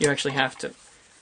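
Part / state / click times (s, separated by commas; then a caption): headphone cable plug into earcup socket / not seated / none. Someone talks while handling the detachable cable plug of a pair of Brainwavz headphones at the earcup socket, where it must be pushed in firmly until it latches. The voice fades into quiet room tone, and the plug has not seated or clicked into the earcup yet.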